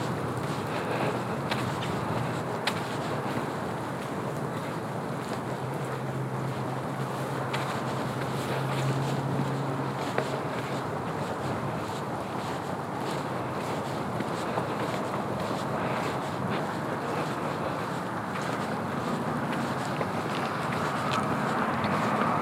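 A snowy trail outing with a steady, dense wind-like rush and low rumble throughout, a faint engine hum mid-clip, and scattered soft clicks.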